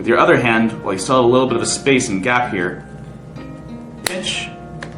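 A replacement vinyl foam ear seal is being pinched onto the plastic ear cup of a Pro Ears hearing protector while someone talks, with soft handling noise and a sharp tap at 4.1 s and a fainter one at 4.8 s. Nothing has seated or clicked yet; the seal's plastic ring is not yet home on the ear cup.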